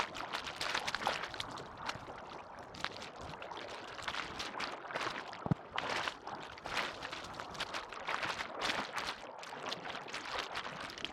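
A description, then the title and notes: Rushing water fills the clip with a dense, steady wash that stays level throughout, bright and splashy rather than a deep roar. Frequent small splashes and gurgles flicker through it, and a sharper knock stands out around five and a half seconds. Pengempu waterfall, Bali. Recorded by Marcel Gnauk.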